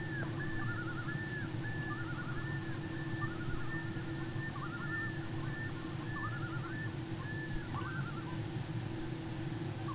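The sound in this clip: Loon tremolo: wavering, quavering phrases repeated throughout, partly masked by a steady low droning hum.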